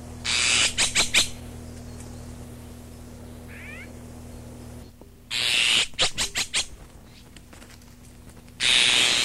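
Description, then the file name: Azure tit: two hiss bursts, each followed by a short run of rasping pulses, then another long hiss at the end. Recorded 12 June 1992. "Ccyanus 12 06 92"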